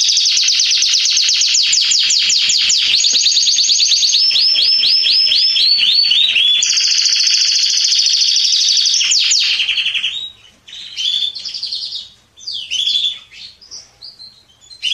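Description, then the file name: Canary song, a long unbroken stretch of rolling trills and buzzy tours for about ten seconds, followed by short scattered chirps and twitters. "Canary Voice"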